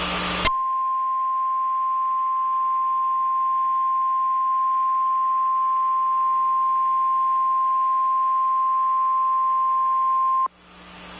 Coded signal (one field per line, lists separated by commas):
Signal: Emergency Alert System (SAME) tones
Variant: 1050 Hz attention tone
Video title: EAS Tornado Warning